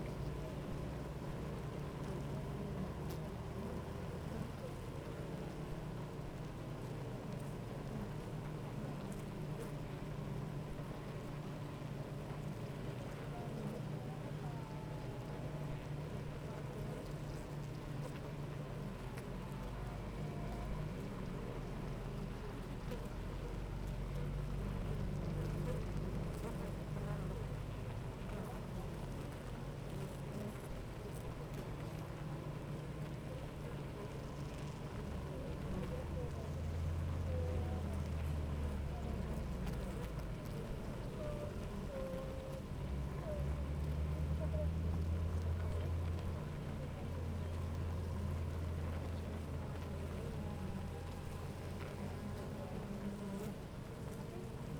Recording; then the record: honeybee colony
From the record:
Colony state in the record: active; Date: 28 July 2017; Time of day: 8:55